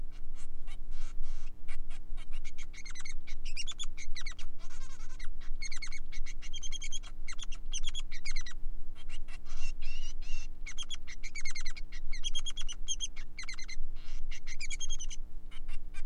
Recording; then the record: song of a male Bengalese finch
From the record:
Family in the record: son of father 3